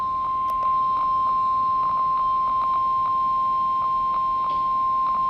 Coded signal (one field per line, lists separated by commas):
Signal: Emergency Alert System (SAME) tones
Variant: 1050 Hz attention tone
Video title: NWS Ruskin 11 AM Weekly Test (9/3/25) (New EAS 903)